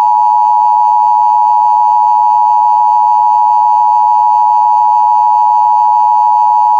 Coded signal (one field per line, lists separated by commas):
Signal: Emergency Alert System (SAME) tones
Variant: 853 and 960 Hz attention tone